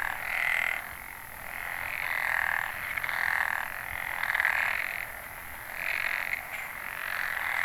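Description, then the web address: Frogs calling in massed chorus, bursts of rattling croaks about every second, alternating louder and quieter stretches. Recorded in northern Nanyo, Ehime Prefecture, Japan, on 29 May 2014. "e h i ehimekennanyohokubu tr 140529 kaeru"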